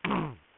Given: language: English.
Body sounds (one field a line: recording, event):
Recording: throat vibration sensor signal played as sound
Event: throat clearing